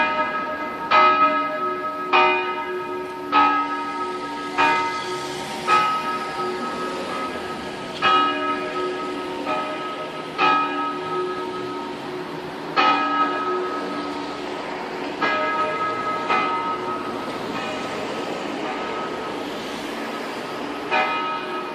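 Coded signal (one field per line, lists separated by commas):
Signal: bell signal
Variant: distesa, single swinging bell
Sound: one swinging church bell struck steadily about every 1.2 seconds, long ringing overtones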